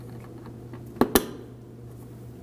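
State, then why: Seated. On a 2013-2015 Subaru XV Crosstrek, the electrical connector is plugged back onto the washer fluid reservoir's level sensor over a steady low hum. A faint tap comes at 0.7 s and a sharp click at 1.0 s, followed by a louder, sharper click at 1.2 s as the connector seats.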